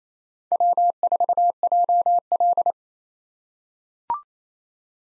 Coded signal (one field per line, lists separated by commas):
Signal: Morse code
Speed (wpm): 28 wpm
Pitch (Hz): 700 Hz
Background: none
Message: W4JL